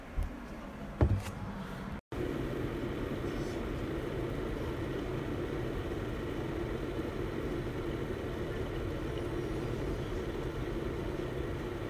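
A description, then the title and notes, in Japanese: Tea is being prepared, heard mainly as a steady, deep rumbling roar, like a kettle heating, that holds unchanged throughout. Near the start there are a few light clinks around the first second, then a brief moment of silence just after two seconds before the roar resumes. 紅茶を淹れる。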